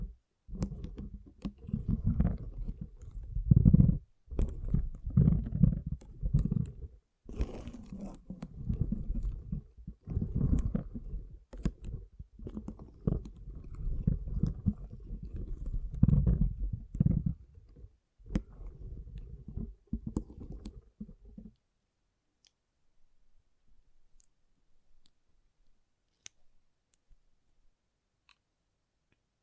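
Water beads squish and roll in dense, low, bubbly bursts, broken by sharp clicks and brief gaps. The handling continues in uneven waves for about twenty seconds, then stops abruptly, leaving near silence with a few faint ticks.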